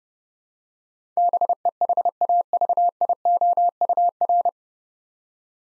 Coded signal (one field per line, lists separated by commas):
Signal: Morse code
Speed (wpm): 31 wpm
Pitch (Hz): 700 Hz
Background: none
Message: BEHAVIOUR